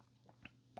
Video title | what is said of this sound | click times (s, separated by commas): Best Sony ZV E10 and A7iii Gimbal The Zhiyun Crane M3 - HOW TO BALANCE - Step By Step SETUP | clip where it locks into place | 0.5 s, 0.8 s